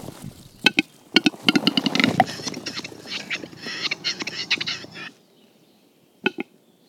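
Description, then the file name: Western capercaillie: a few sharp dry clicks, then a rapid burst of loud popping and rasping, scraping noise lasting nearly four seconds, followed by two more isolated clicks. Heard at close range. "Digiffects Sound Effects Library - Close Capercaillie Bird Version 2"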